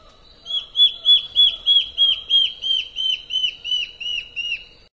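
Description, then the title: Black-faced antbird song: a rapid series of about thirteen clear, down-slurred whistled notes, about three per second, slowly fading toward the end. Nominate subspecies myotherinus. "LuckyPassaro Completos2Sama. Black-faced Antbird (Myrmoborus myotherinus myotherinus)"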